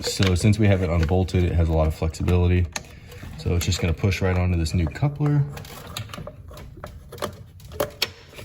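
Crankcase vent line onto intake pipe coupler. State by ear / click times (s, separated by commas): seated / 8.0 s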